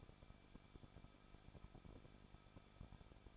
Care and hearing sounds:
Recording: daily activity, microphone in the room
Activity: no activity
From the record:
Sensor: 5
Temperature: 20.8 degrees Celsius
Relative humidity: 38.2%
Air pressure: 1006.5 hPa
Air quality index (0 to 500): 187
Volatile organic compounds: 18 ppm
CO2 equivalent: 2624 ppm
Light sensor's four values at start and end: 2/3/1/1 and 2/3/1/1

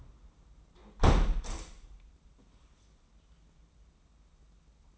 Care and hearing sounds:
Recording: daily activity, microphone in the room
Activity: close window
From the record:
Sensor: 1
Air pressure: 994.4 hPa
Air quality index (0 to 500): 212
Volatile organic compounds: 1000 ppm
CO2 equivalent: 7623 ppm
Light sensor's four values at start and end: 82/181/81/87 and 84/183/83/88

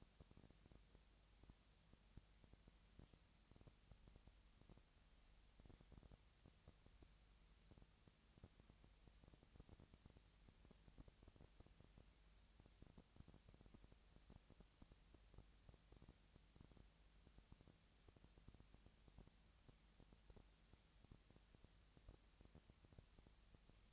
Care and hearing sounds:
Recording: daily activity, microphone in the room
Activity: no activity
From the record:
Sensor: 3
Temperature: 20.6 degrees Celsius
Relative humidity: 35.7%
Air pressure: 998.7 hPa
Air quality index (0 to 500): 236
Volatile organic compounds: 72 ppm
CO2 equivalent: 3534 ppm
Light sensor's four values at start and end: 2/3/2/2 and 2/3/2/2

